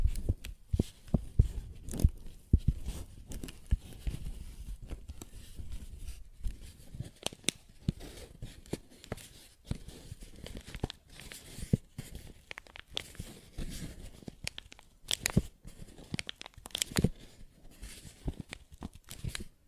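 Paper bag tapped and scratched in dense, irregular bursts of sharp crinkly clicks and rustles, with soft low thumps throughout.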